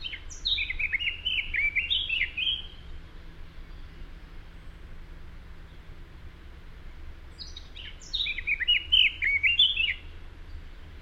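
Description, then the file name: Eurasian blackcap gives two song bursts, one at the start and another after a long pause. Each is a quick tumble of sharp notes ending in mellow fluty whistles. "Sylvia atricapilla"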